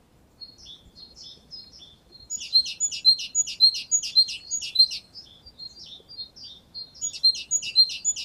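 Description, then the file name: Great tit: faint thin notes build into a long rapid series of sharp, high chirps, a lull, then another quick burst near the end. "Parus major"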